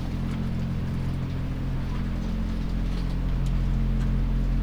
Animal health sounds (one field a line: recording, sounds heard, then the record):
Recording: poultry house recording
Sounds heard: sick chickens (respiratory disease)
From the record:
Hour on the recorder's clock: 21